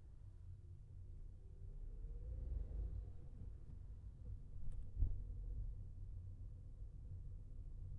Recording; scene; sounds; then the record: everyday scene through a hearing-aid microphone; in a vehicle; engine, traffic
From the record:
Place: Skoda Fabia, gasoline engine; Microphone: behind the ear, left, rear